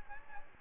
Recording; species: mosquito wingbeat signal from an infrared sensor; Aedes aegypti